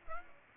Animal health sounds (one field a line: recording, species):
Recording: mosquito wingbeat signal from an infrared sensor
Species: Aedes aegypti